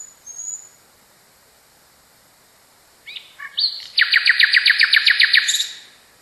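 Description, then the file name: Nightingale giving brief scattered notes, a pause, then a loud, even rattle of rapid repeated notes lasting about a second and a half. "kicauan nightingale. omkicau"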